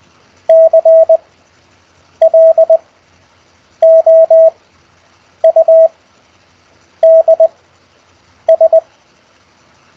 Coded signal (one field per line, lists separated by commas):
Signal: Morse code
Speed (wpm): 20 wpm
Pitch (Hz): 650 Hz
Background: none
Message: CLOUDS